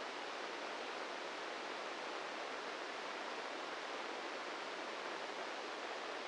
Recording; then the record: brain microelectrode recording played as sound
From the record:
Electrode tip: inside the subthalamic nucleus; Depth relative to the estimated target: -3 mm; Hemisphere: left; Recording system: NeuroSet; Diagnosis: Parkinson's disease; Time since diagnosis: 8 years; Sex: male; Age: 46 years